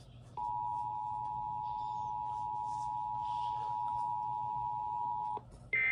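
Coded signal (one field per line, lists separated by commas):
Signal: Emergency Alert System (SAME) tones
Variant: 853 and 960 Hz attention tone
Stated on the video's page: Random EAS test and relays from KDKA AM.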